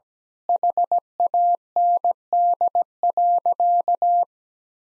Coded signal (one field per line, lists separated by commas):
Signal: Morse code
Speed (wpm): 17 wpm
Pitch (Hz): 700 Hz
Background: none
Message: HAND.